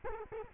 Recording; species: mosquito wingbeat signal from an infrared sensor; Culex quinquefasciatus